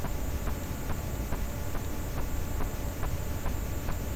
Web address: Physeter Macrocephalus cachalot